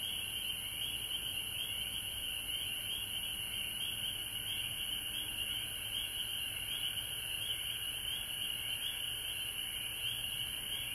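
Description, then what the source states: Frog: constant high trilling from a massed frog chorus, unchanging over the whole stretch, with light background noise. Frogs recorded at home in Georgia on March 19, 2020.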